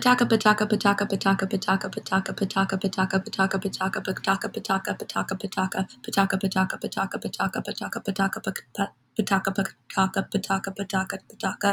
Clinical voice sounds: repeated syllables /pa ta ka/; female; 20 to 29 years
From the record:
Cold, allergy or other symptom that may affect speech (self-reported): no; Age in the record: 26 years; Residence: Ohio, United States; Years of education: 20

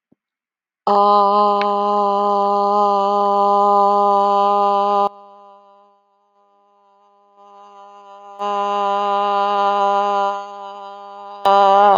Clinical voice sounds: vowel held as long as possible; female; 50 to 59 years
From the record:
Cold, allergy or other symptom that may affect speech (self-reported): no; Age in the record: 57 years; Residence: Florida, United States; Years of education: 18

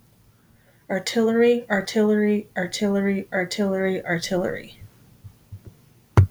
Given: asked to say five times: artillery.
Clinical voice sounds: repeated word; male; 20 to 29 years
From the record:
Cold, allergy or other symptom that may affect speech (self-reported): no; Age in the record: 28 years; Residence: New York, United States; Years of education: 16

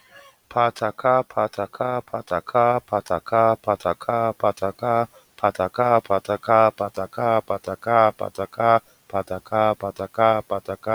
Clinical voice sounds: repeated syllables /pa ta ka/; male; 30 to 39 years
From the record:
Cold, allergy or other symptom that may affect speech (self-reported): no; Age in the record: 32 years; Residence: Florida, United States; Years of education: 16

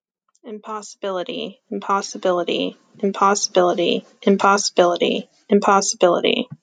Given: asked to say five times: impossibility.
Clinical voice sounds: repeated word; female; 40 to 49 years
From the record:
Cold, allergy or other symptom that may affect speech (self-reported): no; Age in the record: 41 years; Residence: Arizona, United States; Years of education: 16

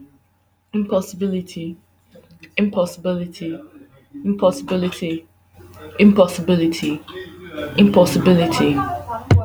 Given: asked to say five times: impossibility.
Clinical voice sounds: repeated word; female; 20 to 29 years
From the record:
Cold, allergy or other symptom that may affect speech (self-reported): no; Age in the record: 25 years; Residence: Italy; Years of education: 16

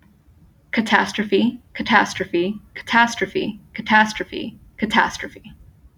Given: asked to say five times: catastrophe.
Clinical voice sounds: repeated word; female; 20 to 29 years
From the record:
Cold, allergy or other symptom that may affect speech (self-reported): no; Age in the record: 20 years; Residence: Florida, United States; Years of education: 15

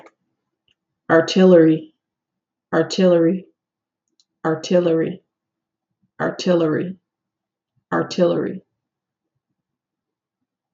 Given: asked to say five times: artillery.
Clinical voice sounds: repeated word; female; 40 to 49 years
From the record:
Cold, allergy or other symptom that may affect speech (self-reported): no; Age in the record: 41 years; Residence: Florida, United States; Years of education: 16

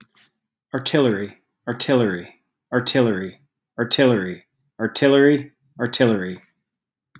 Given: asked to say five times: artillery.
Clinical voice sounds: repeated word; male; 30 to 39 years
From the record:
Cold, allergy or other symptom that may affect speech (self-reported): no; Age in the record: 39 years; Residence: California, United States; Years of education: 17

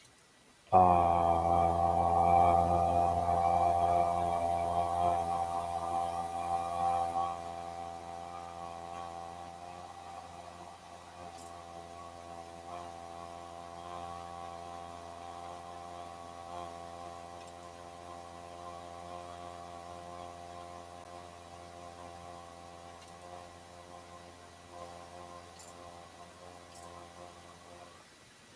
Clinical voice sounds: vowel held as long as possible; male; 20 to 29 years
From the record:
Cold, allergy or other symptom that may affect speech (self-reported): no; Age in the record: 25 years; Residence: Florida, United States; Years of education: 15

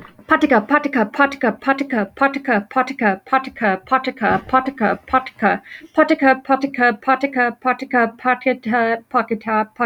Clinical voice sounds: repeated syllables /pa ta ka/; female; 20 to 29 years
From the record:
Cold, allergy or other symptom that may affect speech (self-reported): no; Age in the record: 29 years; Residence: Colorado, United States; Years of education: 19

